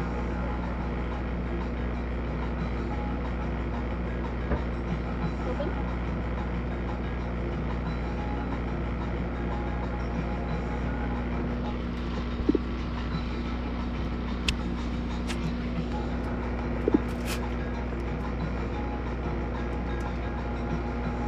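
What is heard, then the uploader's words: A steady low engine hum fills the mobile blood bus, with faint muffled voices and a few brief clicks and knocks around the middle. Sounds from donating blood on a mobile bus, mostly sounds from the local radio station and some occasional beeping.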